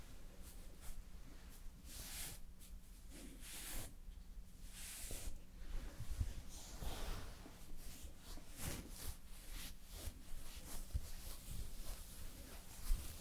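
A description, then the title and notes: Soft brushing and swishing strokes come in irregular bursts during makeup and hair styling, over a low steady hum. ASMR Doing Your Makeup and Hair Styling for Party(No Talking).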